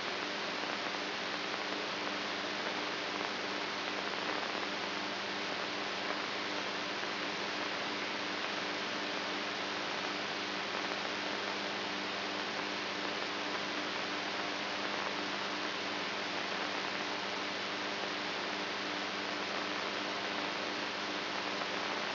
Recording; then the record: brain microelectrode recording played as sound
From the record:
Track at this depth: inside the subthalamic nucleus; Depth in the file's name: 4.116 mm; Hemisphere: right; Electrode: 3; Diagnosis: Parkinson's disease